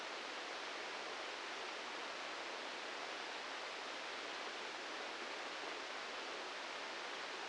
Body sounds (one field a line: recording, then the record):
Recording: brain microelectrode recording played as sound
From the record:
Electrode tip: outside the subthalamic nucleus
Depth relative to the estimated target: -3 mm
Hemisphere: right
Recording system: NeuroSet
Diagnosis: Parkinson's disease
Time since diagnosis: 19 years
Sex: female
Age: 69 years